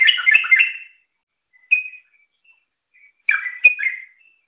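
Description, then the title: Yellow-vented bulbul song: one quick bubbling burst, a single short whistled note after a gap, then another short gurgling phrase near the end. "Suara Burung Trucukan"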